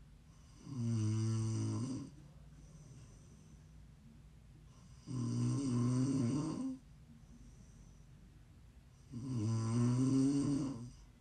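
ASMR snoring from an adult: three loud, low-pitched, buzzing snores, each lasting about a second and a half, come roughly every four seconds, with quiet breathing in between.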